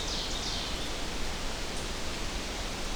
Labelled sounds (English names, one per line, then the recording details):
Ovenbird song
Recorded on 1 June 2016 at 13:50
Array SBT-3-7